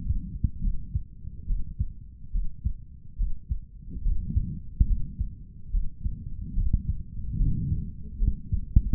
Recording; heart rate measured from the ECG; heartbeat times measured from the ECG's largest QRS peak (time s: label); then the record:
heart sounds by stethoscope; 71 bpm
0.60 s: heartbeat
1.46 s: heartbeat
2.31 s: heartbeat
3.17 s: heartbeat
4.02 s: heartbeat
4.87 s: heartbeat
5.71 s: heartbeat
6.55 s: heartbeat
7.37 s: heartbeat
8.18 s: heartbeat
From the record:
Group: healthy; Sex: male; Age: 55 years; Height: 167 cm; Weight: 57.2 kg